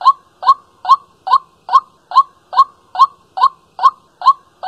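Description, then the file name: White-breasted waterhen giving a steady series of short, hard notes, evenly spaced at roughly two and a half per second. Calling at night. "tieng quoc keu ban dem"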